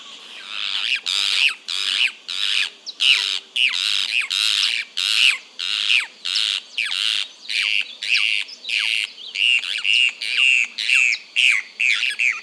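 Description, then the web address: Cacholote song of harsh, raspy squawks repeated about twice a second in a steady, insistent series throughout, some notes ending in short downslurred tails. "cantos cacholote"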